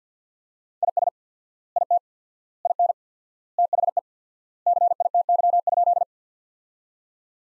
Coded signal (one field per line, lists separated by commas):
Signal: Morse code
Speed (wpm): 50 wpm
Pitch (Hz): 700 Hz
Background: none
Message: IS IT IN THE CITY?